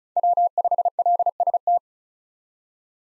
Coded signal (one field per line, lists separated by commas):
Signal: Morse code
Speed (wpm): 34 wpm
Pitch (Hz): 700 Hz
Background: none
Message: W5LST